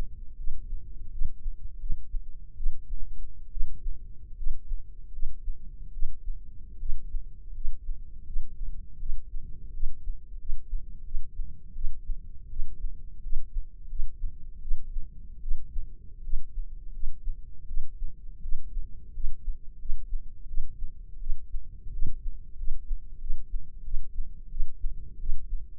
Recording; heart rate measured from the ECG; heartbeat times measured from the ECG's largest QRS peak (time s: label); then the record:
heart sounds by microphone in the left ear; 82 bpm
0.37 s: heartbeat
1.11 s: heartbeat
1.79 s: heartbeat
2.56 s: heartbeat
3.50 s: heartbeat
4.36 s: heartbeat
5.12 s: heartbeat
5.92 s: heartbeat
6.79 s: heartbeat
7.53 s: heartbeat
8.25 s: heartbeat
8.99 s: heartbeat
9.72 s: heartbeat
10.38 s: heartbeat
11.04 s: heartbeat
11.74 s: heartbeat
12.49 s: heartbeat
13.22 s: heartbeat
13.88 s: heartbeat
14.61 s: heartbeat
15.41 s: heartbeat
16.23 s: heartbeat
16.92 s: heartbeat
17.67 s: heartbeat
18.41 s: heartbeat
19.13 s: heartbeat
19.78 s: heartbeat
20.47 s: heartbeat
21.19 s: heartbeat
21.91 s: heartbeat
22.56 s: heartbeat
23.19 s: heartbeat
23.84 s: heartbeat
24.50 s: heartbeat
25.19 s: heartbeat
From the record:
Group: healthy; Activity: rest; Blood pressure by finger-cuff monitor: 109/70 mmHg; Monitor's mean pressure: 83 mmHg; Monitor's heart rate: 83 bpm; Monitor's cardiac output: 7 L/min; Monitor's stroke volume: 85 mL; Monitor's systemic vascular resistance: 850 dyn s/cm5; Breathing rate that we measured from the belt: 20 breaths a minute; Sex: female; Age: 22 years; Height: 157 cm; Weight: 47.6 kg